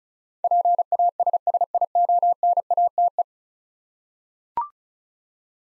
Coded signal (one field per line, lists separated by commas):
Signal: Morse code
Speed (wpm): 36 wpm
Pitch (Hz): 700 Hz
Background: none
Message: PASSIONATE